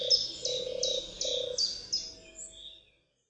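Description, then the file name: European turtle dove giving low, rolling purrs in three short bursts, with high thin chirps above. "turkawka"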